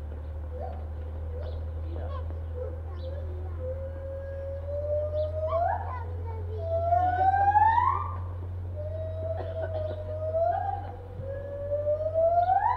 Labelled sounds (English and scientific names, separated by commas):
Lar Gibbon (Hylobates lar)